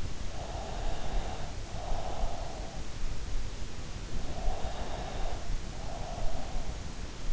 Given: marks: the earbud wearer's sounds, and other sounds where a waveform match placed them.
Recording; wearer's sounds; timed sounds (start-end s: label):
sounds in sleep by an in-ear microphone; breath
0.38-2.72 s: breath
4.09-6.72 s: breath